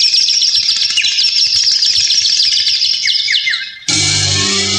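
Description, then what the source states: Birds calling in a dense chorus of high, overlapping chirps and trills, ending abruptly as a steady humming, droning noise takes over. Birds calling at night.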